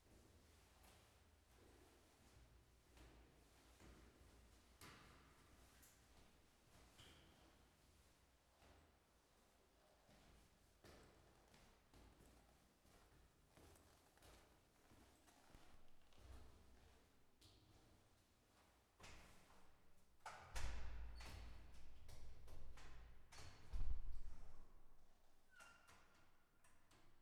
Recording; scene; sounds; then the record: everyday scene through a hearing-aid microphone; reverberant space; background noise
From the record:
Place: staircase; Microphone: behind the ear, left, rear